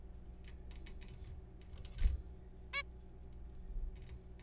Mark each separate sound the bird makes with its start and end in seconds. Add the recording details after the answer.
2.73-2.83. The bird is a juvenile. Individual R3428